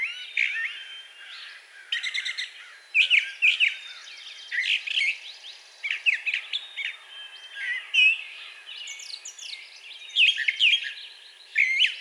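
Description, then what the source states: Brown thrasher song: a rapid run of varied phrases, buzzy chirps, whistles and harsh notes, with brief pauses between them. Recorded on 4 June 2020.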